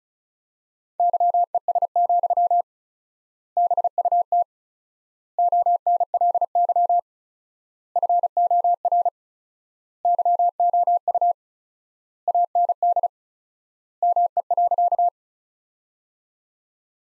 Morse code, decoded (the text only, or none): YES, BUT ONLY FOR YOU AND ME.